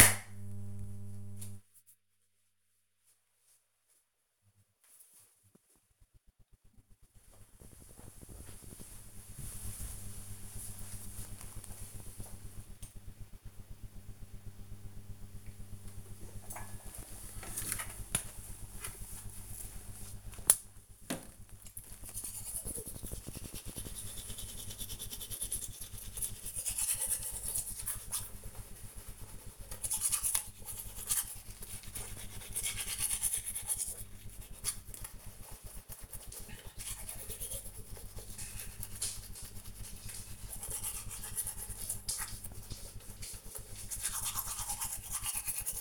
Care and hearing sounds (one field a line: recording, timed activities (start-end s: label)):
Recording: household activities, microphone on the right wrist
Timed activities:
15.37-45.81 s: brushing teeth